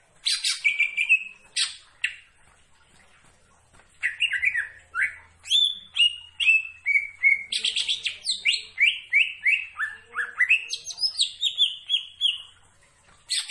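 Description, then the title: Leafbird singing a long, rich run of varied whistles and chattering notes, a steady stream of rapid slurred phrases after an opening burst and a pause of about two seconds. Singing actively (gacor). "Cucak Ijo Gacor"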